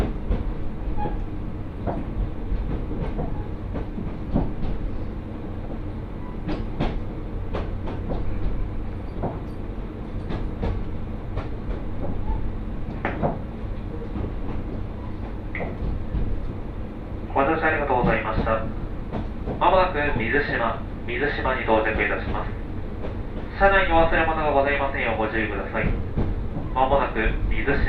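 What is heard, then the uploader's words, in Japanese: A ride on the Mizushima Rinkai Railway: a steady low rumble of the train runs throughout, with scattered clicks and knocks from the wheels and track. From about seventeen seconds a voice speaks in bursts, likely an announcement, continuing to the end. 耳で楽しむ鉄道旅 水島臨海鉄道 倉敷市→三菱自工前。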